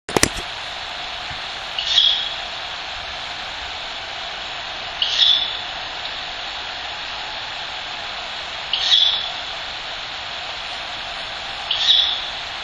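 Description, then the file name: Ural Owl chick uttering brief hoarse hissing calls, four spaced about three seconds apart, after a sharp click at the start, against constant background noise. Chick; recorded 19 December 2005. "フクロウ雛 2005121900 遠藤"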